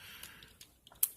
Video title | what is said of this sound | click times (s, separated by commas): Collectibles and gear review Titans return Sergeant kup | Clicks in right there. | 1.0 s